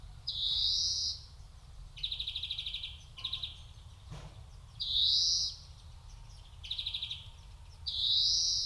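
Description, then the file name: European greenfinch: drawn-out nasal wheezes alternate with fast, buzzy rattling trills, a low hum beneath. "Chloris chloris"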